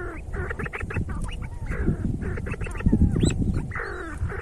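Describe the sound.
See-see partridge calling, with busy bursts of short rising notes and longer drawn-out slurred calls, heard against low rumbling noise.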